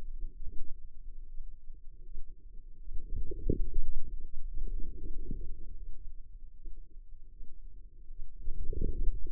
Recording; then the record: forearm muscle sounds (acoustic myography)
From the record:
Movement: outward rotation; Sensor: system 2, bracelet of six BSWA MPA416 microphones around the upper forearm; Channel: 2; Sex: female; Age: 25 years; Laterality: right